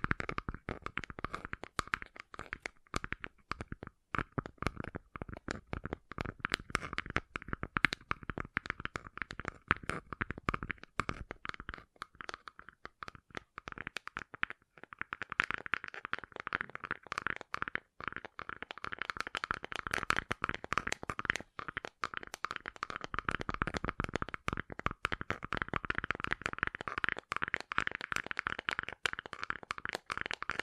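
Gentle ASMR tapping, fast and irregular, with dense clusters of light clicks and scratchy, crinkly touches running through the whole recording. The taps thin out briefly around the middle, then return brighter and busier for the second half.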